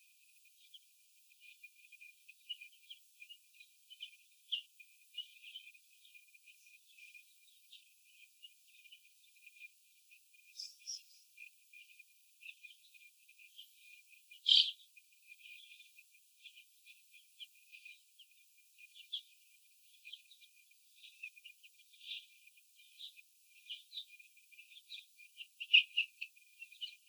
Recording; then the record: young laying hens in a cage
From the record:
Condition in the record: after the stressor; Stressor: sudden umbrella opening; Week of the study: 2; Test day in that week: 1